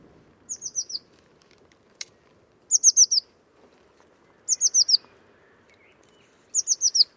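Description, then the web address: Bird repeating a run of four high, descending notes about every two seconds, four runs in all, with one sharp click early on. Bird sounds only, class labelled Cy Ca. "cianscape birddata Deverinetal 2025 Bird Only Cy Ca"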